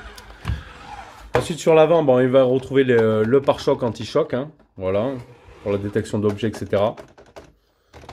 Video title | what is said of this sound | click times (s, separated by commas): Deebot Ecovacs Ozmo 920 gagnez du temps | Donc, c'est pas mal, ça se clipse, hop, juste comme ceci. | 0.5 s